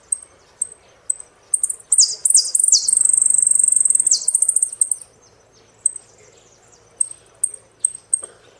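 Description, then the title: Saffron finch song: high chips, then a cascade of descending notes running into a sustained buzzy trill, followed by scattered sharp chips. "Jilguero Argentino"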